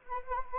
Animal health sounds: mosquito wingbeat signal from an infrared sensor; Anopheles arabiensis

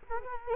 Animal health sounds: mosquito wingbeat signal from an infrared sensor; Culex quinquefasciatus

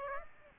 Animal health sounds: mosquito wingbeat signal from an infrared sensor; Aedes aegypti

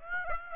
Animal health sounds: mosquito wingbeat signal from an infrared sensor; Aedes aegypti

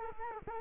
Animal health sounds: mosquito wingbeat signal from an infrared sensor; Culex quinquefasciatus

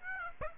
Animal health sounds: mosquito wingbeat signal from an infrared sensor; Aedes aegypti

